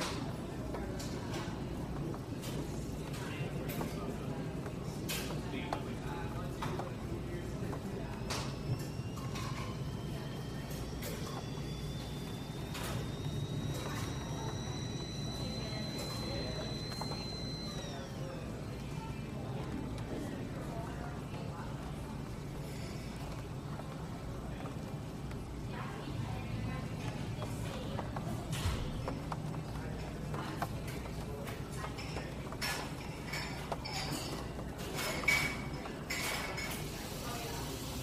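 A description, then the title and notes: Coffeehouse ambience of steady murmuring voices with frequent dish clinks, and a thin whistling steam tone rising briefly around the middle. Ambient coffeehouse sounds. No music, just coffeeshop sounds. All Raw and mixed audio recorded on: Focusrite Scarlett CM25, Focusrite Scarlett 2i2 Audio interface.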